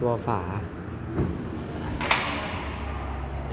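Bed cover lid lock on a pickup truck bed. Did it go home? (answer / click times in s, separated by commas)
yes / 2.0 s, 2.1 s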